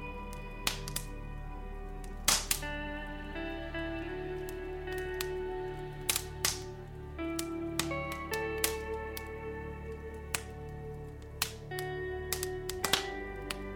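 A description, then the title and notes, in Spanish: A fireplace crackles over soft, slow music. Sharp pops and snaps break in irregularly, several every couple of seconds, with louder bursts near 2 and 12 seconds. Beneath them, sustained gentle tones and a steady low hum continue throughout. Sonidos de una CHIMENEA y MÚSICA Relajante. Sonidos del fuego y la suave música.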